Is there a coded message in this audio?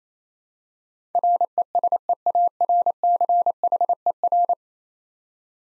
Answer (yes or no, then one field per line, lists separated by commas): yes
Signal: Morse code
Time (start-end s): 1.1-4.5 s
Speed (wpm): 28 wpm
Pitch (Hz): 700 Hz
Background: none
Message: RESEARCHER